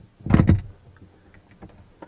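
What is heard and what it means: A vehicle door creaks and swings shut, and its latch catches into the striker with two loud, sharp clunks at about 0.4 and 0.5 seconds. Low, quieter rustling and small knocks follow, with a faint tap near 2.0 seconds, and the door is latched shut.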